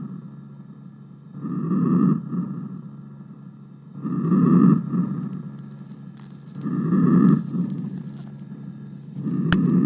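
Simulated bronchovesicular breathing: about four regular breath cycles in ten seconds, each a soft rushing sound of medium pitch with inspiration and expiration of similar length. A normal finding over the main bronchi.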